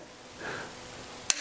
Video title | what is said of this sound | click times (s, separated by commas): How to Use a Torque Wrench | tighten the nut down until it clicks in one smooth motion | 1.3 s